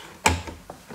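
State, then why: Released. A plastic trim piece by the rear-view mirror in the headliner area of a Tesla Model X is pried off in one piece during a BlackVue dashcam install. Its retaining clips pop loose with a loud, sharp cracking snap at 0.3 s, followed by a fainter snap at 0.7 s. The trim piece comes away, its clips released.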